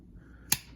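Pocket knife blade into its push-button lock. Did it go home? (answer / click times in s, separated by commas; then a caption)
yes / 0.5 s. The steel blade of a vintage 1980 Case XX Sidewinder push-button lock pocket knife, made in the USA, is swung open against a quiet background. A single sharp, bright click at 0.5 s marks the lock bar snapping in. The blade is locked open and seated in place.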